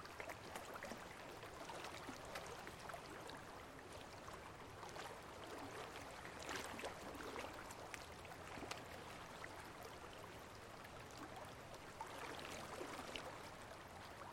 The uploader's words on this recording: Tranquil pond ambience. Gentle rain on a pond.